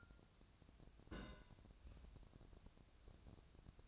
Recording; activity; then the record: daily activity, microphone in the room; place on stove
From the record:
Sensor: 2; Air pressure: 999.8 hPa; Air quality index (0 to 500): 123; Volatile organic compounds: 2 ppm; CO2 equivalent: 1060 ppm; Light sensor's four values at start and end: 37/91/40/45 and 37/91/40/45